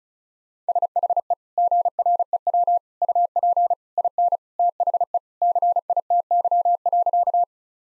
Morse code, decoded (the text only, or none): SHE GREW UP IN THE CITY.